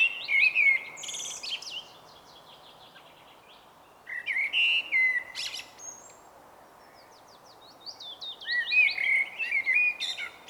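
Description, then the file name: Common blackbird repeating warbled song phrases roughly every four seconds, each blending low fluty notes with thin, squeaky high twittering, separated by quiet pauses. "Turdus merula"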